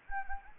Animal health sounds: mosquito wingbeat signal from an infrared sensor; Anopheles gambiae

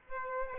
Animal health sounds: mosquito wingbeat signal from an infrared sensor; Aedes aegypti

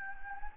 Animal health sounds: mosquito wingbeat signal from an infrared sensor; Anopheles gambiae

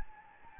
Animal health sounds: mosquito wingbeat signal from an infrared sensor; Anopheles gambiae

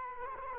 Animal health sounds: mosquito wingbeat signal from an infrared sensor; Culex quinquefasciatus

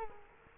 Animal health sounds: mosquito wingbeat signal from an infrared sensor; Culex quinquefasciatus

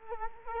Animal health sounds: mosquito wingbeat signal from an infrared sensor; Culex quinquefasciatus

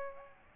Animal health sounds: mosquito wingbeat signal from an infrared sensor; Aedes albopictus

